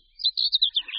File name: Pěnice-hnědokřídlá